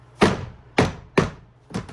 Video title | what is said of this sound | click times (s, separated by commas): Chevy/GMC/Cadillac Door Handle Replacement How-to | Just go around, snap those into place. | 0.8 s, 1.2 s